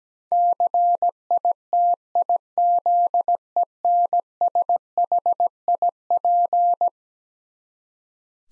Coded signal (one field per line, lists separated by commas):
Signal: Morse code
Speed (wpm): 17 wpm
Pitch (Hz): 700 Hz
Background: none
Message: CITIZENSHIP